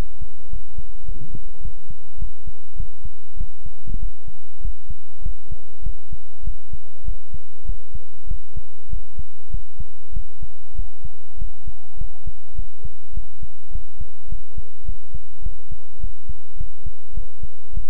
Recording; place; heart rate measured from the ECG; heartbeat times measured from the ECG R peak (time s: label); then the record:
heart sounds by stethoscope; between the tricuspid and mitral areas; 101 bpm
0.48 s: heartbeat
1.04 s: heartbeat
1.60 s: heartbeat
2.17 s: heartbeat
2.75 s: heartbeat
3.36 s: heartbeat
3.98 s: heartbeat
4.60 s: heartbeat
5.21 s: heartbeat
5.82 s: heartbeat
6.43 s: heartbeat
7.04 s: heartbeat
7.65 s: heartbeat
8.26 s: heartbeat
8.88 s: heartbeat
9.49 s: heartbeat
10.12 s: heartbeat
10.74 s: heartbeat
11.37 s: heartbeat
11.96 s: heartbeat
12.54 s: heartbeat
13.12 s: heartbeat
13.70 s: heartbeat
14.27 s: heartbeat
14.84 s: heartbeat
15.41 s: heartbeat
15.99 s: heartbeat
16.56 s: heartbeat
17.13 s: heartbeat
17.72 s: heartbeat
From the record:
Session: pedaling a stationary bicycle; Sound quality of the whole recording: good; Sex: male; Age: 24 years